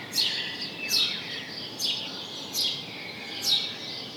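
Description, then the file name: House sparrow, five strong downward-slurred chirps spaced under a second apart, with a thin background twitter. "Passer domesticus"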